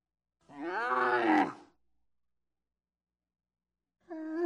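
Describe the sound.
Camel vocalizations: a drawn-out, harmonic moaning groan of just over a second, then silence, then a second groan starting near the end and cut off.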